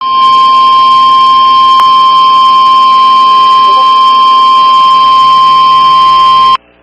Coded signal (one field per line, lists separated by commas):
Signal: Emergency Alert System (SAME) tones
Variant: 1050 Hz attention tone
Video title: EAS#128 Tornado Warning on WXJ71 (09/18/2022).